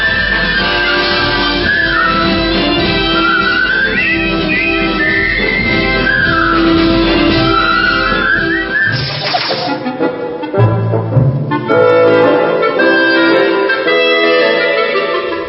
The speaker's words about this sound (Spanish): Es la marcha del coronel Boogie que silban los soldados al inicio de la película y por eso siempre se considera que es la música del Puente sobre el Río Kwai.